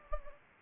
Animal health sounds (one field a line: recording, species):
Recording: mosquito wingbeat signal from an infrared sensor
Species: Anopheles gambiae